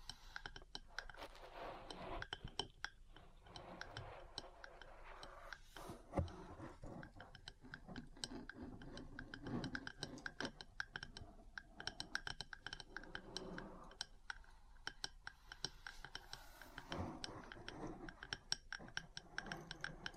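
Metal parts tap and scratch against each other in a busy, uneven stream of sharp clicks and clinks, many per second, with bright ringing edges. Lower scraping and rubbing sounds swell and fade throughout, heaviest around the middle and near the end.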